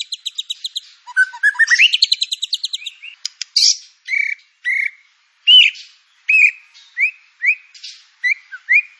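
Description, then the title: White-rumped shama song: a fast stuttering trill rising into whistled notes, then separate short slurred whistles repeated at short intervals. Lure (pancingan) song of white-rumped shama with full filler (isian) material; training material. "PANCINGAN MURAI BATU. MURAI BATU FULL MATERI ISIAN"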